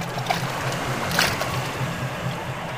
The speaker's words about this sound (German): So schnell wie wir konnten, waren wir, Ned Land mit dem Wildschwein auf der Schulter, in unserem Boot und ruderten mit vereinten Kräften auf die Nautilus zu.